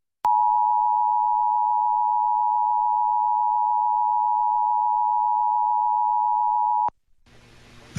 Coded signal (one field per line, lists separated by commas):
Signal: Emergency Alert System (SAME) tones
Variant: 853 and 960 Hz attention tone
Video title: Emergency Alert System EAS Required Monthly Test RMT Sacramento, California KXJZ-FM +WeatherSTAR4000